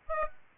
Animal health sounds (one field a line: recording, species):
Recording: mosquito wingbeat signal from an infrared sensor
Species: Aedes aegypti